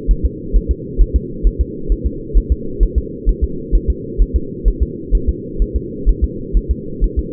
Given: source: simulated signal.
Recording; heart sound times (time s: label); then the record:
fetal heart sounds
0.11 s: S1
0.25 s: S2
0.56 s: S1
0.71 s: S2
1.02 s: S1
1.16 s: S2
1.47 s: S1
1.61 s: S2
1.92 s: S1
2.06 s: S2
2.37 s: S1
2.52 s: S2
2.83 s: S1
2.98 s: S2
3.29 s: S1
3.44 s: S2
3.75 s: S1
3.90 s: S2
4.22 s: S1
4.36 s: S2
4.68 s: S1
4.83 s: S2
5.15 s: S1
5.29 s: S2
5.62 s: S1
5.76 s: S2
6.09 s: S1
6.24 s: S2
6.57 s: S1
6.71 s: S2
7.04 s: S1
7.19 s: S2
From the record:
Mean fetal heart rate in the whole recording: 130 bpm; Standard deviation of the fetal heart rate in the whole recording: 2 bpm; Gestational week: 36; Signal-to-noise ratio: -4.3 dB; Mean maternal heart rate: 72 bpm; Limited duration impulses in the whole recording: absent